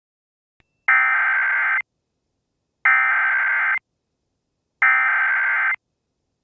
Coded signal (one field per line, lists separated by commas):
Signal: Emergency Alert System (SAME) tones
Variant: header bursts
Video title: EAS Mock: A Meteorite Impact?